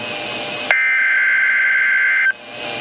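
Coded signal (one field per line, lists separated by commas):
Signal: Emergency Alert System (SAME) tones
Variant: header bursts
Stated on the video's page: Severe thunderstorm watch from a Milwaukee NOAA weather radio station.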